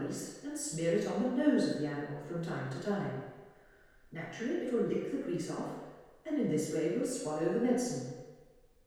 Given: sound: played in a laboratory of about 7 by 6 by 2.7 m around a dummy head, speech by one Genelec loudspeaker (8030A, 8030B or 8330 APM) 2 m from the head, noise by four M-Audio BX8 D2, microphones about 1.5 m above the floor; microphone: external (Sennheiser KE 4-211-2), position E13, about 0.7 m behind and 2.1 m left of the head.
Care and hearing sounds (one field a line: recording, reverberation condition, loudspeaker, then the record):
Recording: female speech in English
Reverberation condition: high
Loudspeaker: 90 degrees to the right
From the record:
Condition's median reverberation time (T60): about 1300 ms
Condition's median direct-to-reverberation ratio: about -4.0 dB